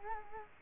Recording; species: mosquito wingbeat signal from an infrared sensor; Culex quinquefasciatus